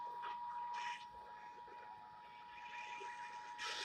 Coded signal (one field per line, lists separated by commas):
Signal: Emergency Alert System (SAME) tones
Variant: 853 and 960 Hz attention tone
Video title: MARCH CHANGES TAKE EFFECT! EAS Tests from April 2023